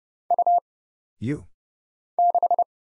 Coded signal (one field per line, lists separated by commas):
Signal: Morse code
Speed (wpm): 30 wpm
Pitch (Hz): 700 Hz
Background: none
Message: U 6